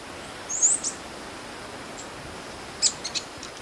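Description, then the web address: Metallic-green tanager uttering brief high, thin twittering notes in two short bursts roughly two seconds apart, against even background hiss. Ecuador. "Natures Songs S America Birds of Ecuador. Metallic-Green Tanager"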